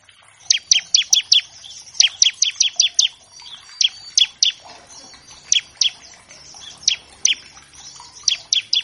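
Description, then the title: Bar-winged Prinia song: quick groups of sharp, high, downslurred chips, then more widely spaced single chips. Energetic (gacor) bar-winged prinia in a master track used to tutor captive birds of all kinds; used as a lure to make untrained prinias start singing quickly. "Masteran Ciblek Gacor Vs Kenari Gacor Untuk Masteran Semua Jenis Burung. Pancingan Ciblek bahan agar cepat bunyi. Burung Ciblek"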